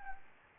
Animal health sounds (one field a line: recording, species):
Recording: mosquito wingbeat signal from an infrared sensor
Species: Anopheles gambiae